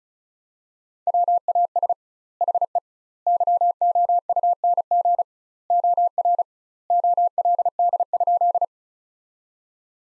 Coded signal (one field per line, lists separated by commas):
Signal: Morse code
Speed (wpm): 34 wpm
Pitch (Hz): 700 Hz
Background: none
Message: WAS HE YOUNG OR OLD?